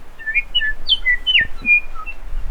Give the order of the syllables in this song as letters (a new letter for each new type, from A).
A B C D E F G